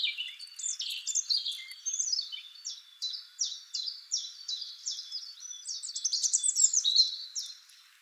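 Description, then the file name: European robin song: a long run of thin, high, rapid twittering notes that rise and fall, with slurred trills and sweet warbled phrases running without a pause. "Erithacus rubecula"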